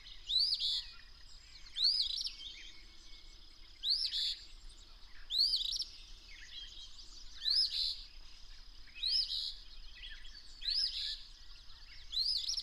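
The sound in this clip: Bird song: eight rising whistle-and-buzz phrases, with soft twittering in the background.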